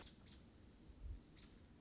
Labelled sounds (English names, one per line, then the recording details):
American Robin
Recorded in Sonoma County, California